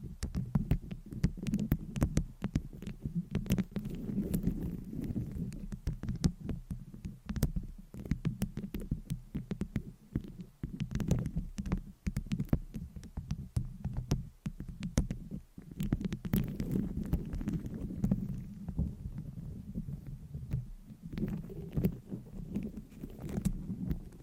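Microphone scratching, a dense stream of rapid, crackly scrapes and taps running without a break. A low, muffled rumble swells and fades underneath, heaviest around the start, the middle and toward the end, while sharp clicks keep cutting through throughout.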